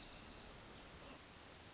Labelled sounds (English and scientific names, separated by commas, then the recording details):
Pacific Wren (Troglodytes pacificus)
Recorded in Sonoma County, California